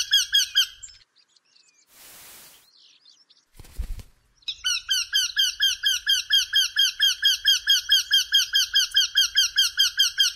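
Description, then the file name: Eurasian wryneck giving a long run of evenly spaced, nasal notes after a brief series and some rustling and knocking noises. "Wendehals"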